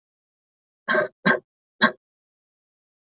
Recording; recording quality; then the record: shallow voluntary cough; excellent, no background noise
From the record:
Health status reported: healthy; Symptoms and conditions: sore throat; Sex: female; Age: 20 years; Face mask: not worn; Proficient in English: yes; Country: India